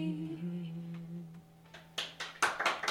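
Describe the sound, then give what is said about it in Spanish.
A steady low tone fades out, then two people break into a short round of handclapping, a handful of sharp, uneven claps that grow louder toward the end. “Muy bien, mira, somos dos acá para aplaudir.”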